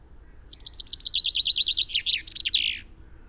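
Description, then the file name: Common chaffinch song, one complete phrase of quick repeated chips finishing with a brisk terminal flourish. "Fringilla coelebs"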